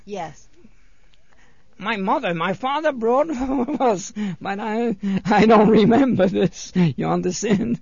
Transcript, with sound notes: Yes.
My mother and my father brought was ( he laughs ) I don't remember this, you understand.